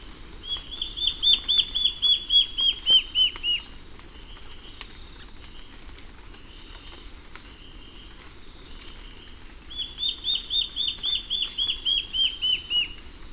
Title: LuckyPassaro Completos2Sama. Black-faced Antbird (Myrmoborus myotherinus ochrolaemus (ssp assumed from location))